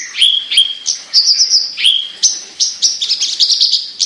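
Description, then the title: Javan bush lark song of high whistled notes mixed with rapid buzzy phrases. Local name branjangan; described as gacor, singing actively; labelled Petir. "Branjangan Gacor Petir 1"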